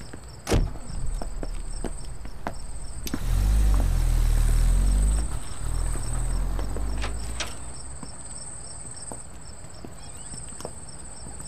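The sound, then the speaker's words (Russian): Over steady chirping crickets, a black foreign car's low engine rumble swells as it pulls up, then settles, followed by a few sharp clicks and a clunk as a security guard opens the car door. “Черная иномарка подъехала. Охранник открывает двери машины, из которой выходит мужчина в пиджаке.”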